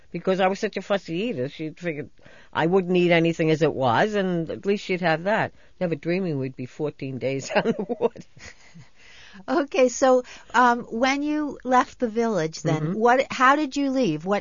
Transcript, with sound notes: Because I was such a fussy eater, she figured I wouldn't eat anything as it was, and at least she'd have that, never dreaming we'd be fourteen days on the water. ( she laughs )
Okay. So when you left the village then, how did you leave?